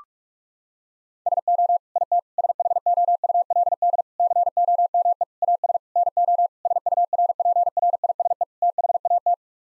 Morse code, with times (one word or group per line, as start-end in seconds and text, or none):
1.3-1.8 SO
2.0-2.2 IT
2.4-4.0 SHOULD
4.2-5.2 COME
5.4-5.8 AS
6.0-6.5 NO
6.7-8.4 SURPRISE
8.6-9.3 THAT